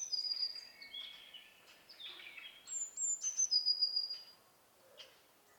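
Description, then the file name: European robin song: high warbling phrases with thin sustained whistles over a steady hiss of background noise, fading out near the end. "Erithacus rubecula"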